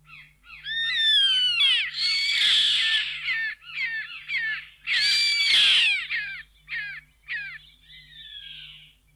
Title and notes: Museo de Ciencias de Bahía Blanca. Chimango (Daptrius chimango)